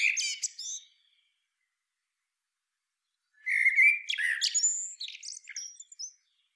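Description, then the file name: Eurasian blackbird singing: the tail of one phrase, a pause of about two and a half seconds, then a warbled fluty phrase ending in high scratchy twitters. "Turdus merula"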